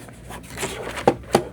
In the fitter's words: go in at an angle then rotate it down locked into place.